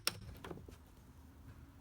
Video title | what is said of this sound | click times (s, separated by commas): How to Replace 06-11 Si Door Window Black Molding and Side View Mirror | it should snap into place now | 0.1 s